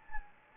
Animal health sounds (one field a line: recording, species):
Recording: mosquito wingbeat signal from an infrared sensor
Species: Anopheles gambiae